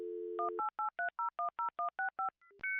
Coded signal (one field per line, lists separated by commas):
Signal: DTMF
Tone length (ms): 130 ms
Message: 1883010165